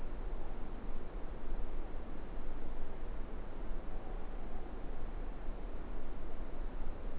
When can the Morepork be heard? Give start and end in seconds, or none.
none